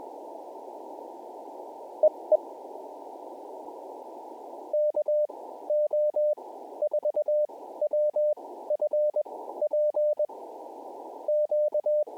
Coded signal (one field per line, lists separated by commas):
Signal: Morse code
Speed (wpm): 21 wpm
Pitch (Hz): 600 Hz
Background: none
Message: EE KO4WFP Q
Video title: Elmodel WMA Activation Jan 1, 2025 #hamradio #cw #pota #parksontheair #qrp #morsecode #potababe